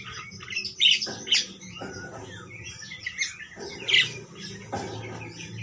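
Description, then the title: Parakeet squawks: harsh, scratchy calls in short bursts throughout, loudest near the first second and around four seconds, over low background noise. "Parkit"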